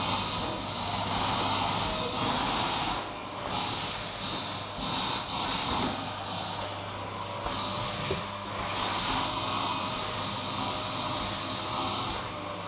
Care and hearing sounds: daily activity, microphone in the room; vacuum cleaning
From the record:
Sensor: 1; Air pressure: 995.3 hPa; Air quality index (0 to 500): 25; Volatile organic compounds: 1 ppm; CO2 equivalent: 508 ppm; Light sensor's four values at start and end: 17/57/21/23 and 13/44/16/17

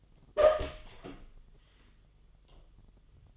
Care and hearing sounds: daily activity, microphone in the room; open door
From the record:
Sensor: 4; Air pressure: 1005.7 hPa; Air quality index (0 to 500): 94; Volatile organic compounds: 2 ppm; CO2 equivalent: 1159 ppm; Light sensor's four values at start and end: 13/30/12/11 and 13/29/11/11

